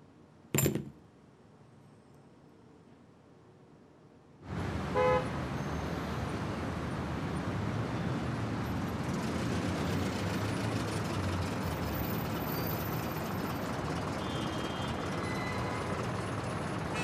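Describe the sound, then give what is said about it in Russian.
A sharp burst, a few seconds of quiet, then heavy traffic noise from a traffic jam swells in with a car horn honking, followed by a steady, dense roar of idling and crawling vehicles. “Да в пробке мы с вами надолго застряли.”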